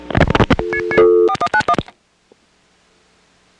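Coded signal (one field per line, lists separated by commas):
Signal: DTMF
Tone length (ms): 70 ms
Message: 4191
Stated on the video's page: Telephone DTMF and call progress tones from a Step-ESS telephone switching system.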